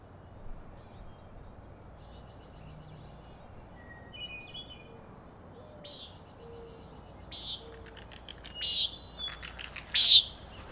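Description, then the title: Common nighthawk giving a few short buzzy nasal peents late, two loud ones near the end, over faint thin whistled notes of other birds. Peenting calls; birds flying in close follow-the-leader formation; Schoodic Head overlook, Acadia National Park, Winter Harbor, Maine; 16 June 2017, 4am. "Common Nighthawks, Schoodic Head 061617 4am"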